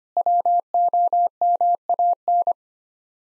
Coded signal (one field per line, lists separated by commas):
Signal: Morse code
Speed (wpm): 25 wpm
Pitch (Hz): 700 Hz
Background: none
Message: WOMAN